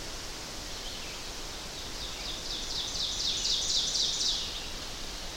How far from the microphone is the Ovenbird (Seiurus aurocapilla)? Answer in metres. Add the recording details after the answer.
about 35 m. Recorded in boreal forest in Alberta, Canada, on 12 June 2016 at 06:48. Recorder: SongMeter 3, array SBT-3-18. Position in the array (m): 246 m, 95 m. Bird 31